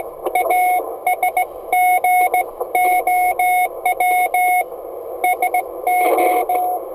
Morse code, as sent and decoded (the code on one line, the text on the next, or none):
.- ... --. --- .-- / ... ---
ASGOW SO